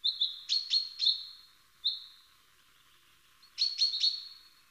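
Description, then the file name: Common chaffinch giving high tonal call notes, a quick run of about five, then a lone note, a short pause and another rapid trio. "Fringilla coelebs"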